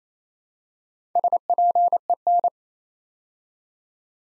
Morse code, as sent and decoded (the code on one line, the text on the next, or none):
... .--. . -.
SPEN